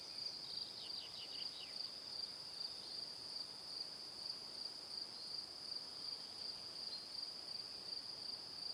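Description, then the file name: Crickets chirp in a shrill pulsing stream; a brief flurry of falling chirps opens the stretch, then the steady trill continues. Evening. "Calm - Evening Crickets"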